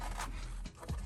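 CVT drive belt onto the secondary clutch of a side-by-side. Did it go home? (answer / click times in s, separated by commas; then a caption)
no / none. A CVT drive belt is slid into the secondary clutch sheaves of a 2021 KRX side-by-side and started on as the clutch is rotated, giving steady scraping and rubbing handling sounds. A brief, soft knock at about 0.7 s breaks the noise. Nothing has seated yet: the belt has not popped into place by the end of the clip.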